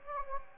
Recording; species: mosquito wingbeat signal from an infrared sensor; Anopheles gambiae